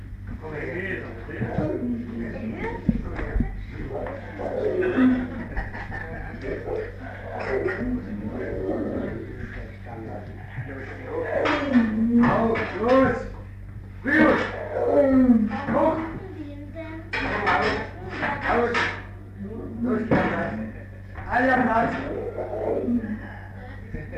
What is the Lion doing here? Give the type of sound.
call